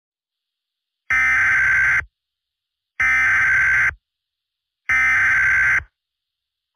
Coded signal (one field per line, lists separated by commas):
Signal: Emergency Alert System (SAME) tones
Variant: header bursts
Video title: EAS Scenario 4: The Tiktok Data Transfer Conflict